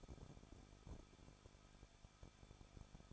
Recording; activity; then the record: daily activity, microphone in the room; no activity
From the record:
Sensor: 5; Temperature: 20.9 degrees Celsius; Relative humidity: 38.2%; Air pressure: 1006.4 hPa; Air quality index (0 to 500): 187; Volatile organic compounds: 18 ppm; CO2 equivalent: 2624 ppm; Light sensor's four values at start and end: 2/3/1/1 and 2/3/1/1